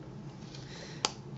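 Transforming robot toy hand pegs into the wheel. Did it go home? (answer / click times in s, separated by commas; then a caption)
yes / 1.0 s. Three small pegs on the back of the hand of a plastic transforming robot toy, an MPM-5 Barricade Takara version, are pushed into the wheel. After a faint soft sound at 0.6 s, one sharp click at 1.1 s marks the hand seating in place in the wheel.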